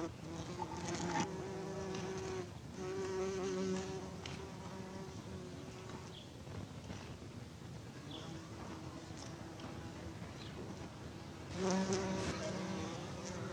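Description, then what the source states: Bees buzzing, a low droning hum with overlapping wingbeat tones that swell and fade. Bees on honeysuckle.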